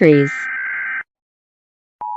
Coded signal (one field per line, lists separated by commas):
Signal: Emergency Alert System (SAME) tones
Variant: header bursts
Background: speech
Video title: Rating different eas alarms🙏 #shortsfeed #fypage #shorts #easalarm #peace #hamsters